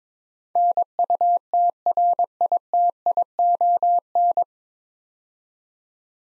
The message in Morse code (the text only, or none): NUTRITION